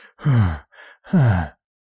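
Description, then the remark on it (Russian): A voice imitates the heavy, monstrous breathing of a demon: two loud, deep, groaning exhales with falling pitch, separated by a short, softer breath, then silence. “Сзади послышалось тяжелое дыхание демона.”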